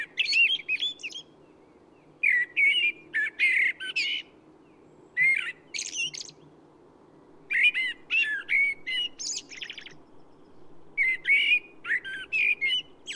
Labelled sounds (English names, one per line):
Common Blackbird song